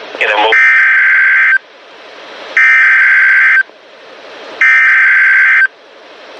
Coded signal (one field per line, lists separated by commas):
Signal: Emergency Alert System (SAME) tones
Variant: header bursts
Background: speech